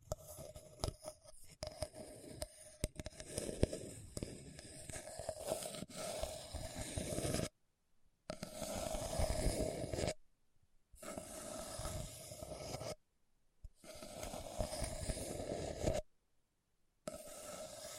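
Scratching across a hard, bumpy surface, rough and dense, with a steady grinding rasp and a low rumble underneath. The first few seconds carry sharp clicks and knocks; after that the scraping comes in runs of two to three seconds, cut by short silences.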